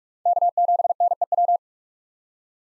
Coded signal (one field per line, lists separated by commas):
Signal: Morse code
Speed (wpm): 47 wpm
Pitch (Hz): 700 Hz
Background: none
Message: K7NEW